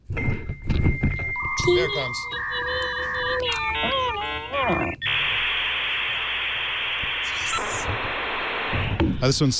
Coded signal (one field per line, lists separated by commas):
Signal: dial-up modem handshake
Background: speech